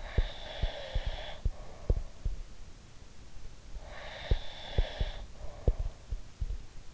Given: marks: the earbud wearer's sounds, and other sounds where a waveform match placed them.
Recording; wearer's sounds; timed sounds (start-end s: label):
sounds in sleep by an in-ear microphone; breath
0.00-2.08 s: breath
3.86-5.98 s: breath